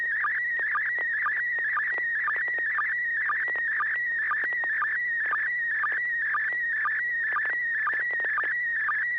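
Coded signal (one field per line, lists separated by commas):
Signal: SSTV (slow-scan television)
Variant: PD120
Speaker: this will be pd120 and I actually don't know what this is so we'll we'll figure it out together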